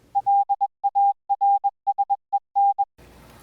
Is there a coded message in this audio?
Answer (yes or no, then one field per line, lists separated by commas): yes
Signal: Morse code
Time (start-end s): 0.2-2.8 s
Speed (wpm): 21 wpm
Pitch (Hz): 800 Hz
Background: none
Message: LARSEN